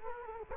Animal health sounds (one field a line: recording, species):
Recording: mosquito wingbeat signal from an infrared sensor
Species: Culex quinquefasciatus